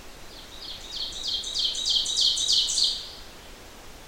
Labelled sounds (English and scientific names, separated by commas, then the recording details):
Ovenbird (Seiurus aurocapilla) song
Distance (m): 20 m
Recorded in boreal forest in Alberta, Canada, on 12 June 2016 at 05:05
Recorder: SongMeter 3, array SBT-3-18
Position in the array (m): 147 m, 127 m
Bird 29